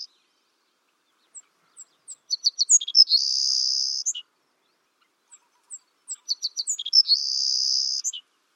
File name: Savannah Sparrow